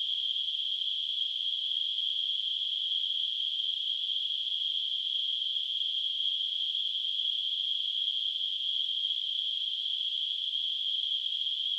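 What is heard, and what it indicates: A synthesized tinnitus sound: a steady, unchanging band of high-pitched hissing noise centered around 3 kHz that continues without a break from start to end.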